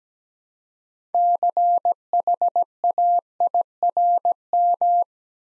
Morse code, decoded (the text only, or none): CHAIRM